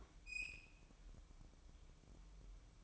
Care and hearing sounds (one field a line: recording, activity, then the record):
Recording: daily activity, microphone in the room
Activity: open fridge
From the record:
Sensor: 1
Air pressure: 1007.9 hPa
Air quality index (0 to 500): 104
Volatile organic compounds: 1 ppm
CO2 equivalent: 880 ppm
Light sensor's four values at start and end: 12/29/12/13 and 12/29/12/13